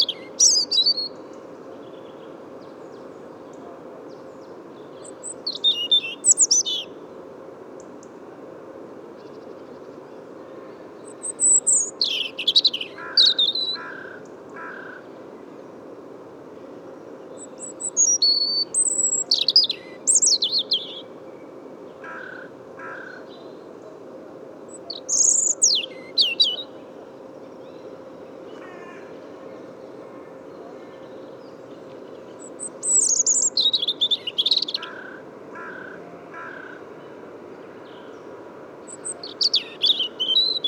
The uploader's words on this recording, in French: Entre 8h et 10h30 du matin - Bois de Vincennes - Nagra Seven - Telinga pro7. Météo radieuse et étonnante pour cette saison,qui résume un superbe safari sonore presque printanier dans le bois de Vincennes durant deux heures et demi. Le fond sonore est composé du sonouillard le brouillard sonore mais les chants d'oiseaux ressortent bien de cette rumeur de la ville.